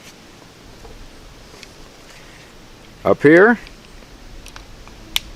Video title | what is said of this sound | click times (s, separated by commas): Taurus GX4 Overview and Disassembly | go back, you'll even hear it pop a little bit when it goes into place. | 5.2 s